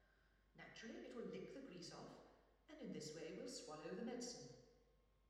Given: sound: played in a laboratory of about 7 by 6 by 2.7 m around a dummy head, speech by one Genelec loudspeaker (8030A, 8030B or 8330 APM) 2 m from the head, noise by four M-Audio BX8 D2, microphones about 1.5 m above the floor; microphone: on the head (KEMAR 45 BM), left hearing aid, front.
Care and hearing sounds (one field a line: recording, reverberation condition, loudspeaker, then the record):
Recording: female speech in English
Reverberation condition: high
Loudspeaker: 120 degrees to the left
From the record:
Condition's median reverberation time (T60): about 1300 ms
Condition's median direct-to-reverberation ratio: about -4.0 dB